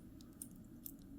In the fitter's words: push it back you'll hear it click